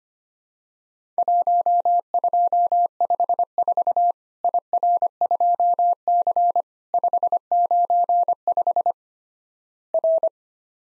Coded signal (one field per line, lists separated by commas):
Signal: Morse code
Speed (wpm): 25 wpm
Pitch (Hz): 700 Hz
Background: none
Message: 1254 IR2C 595 R